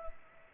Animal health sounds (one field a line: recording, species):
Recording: mosquito wingbeat signal from an infrared sensor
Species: Culex pipiens